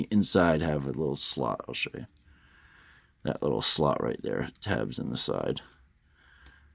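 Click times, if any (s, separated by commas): 6.5 s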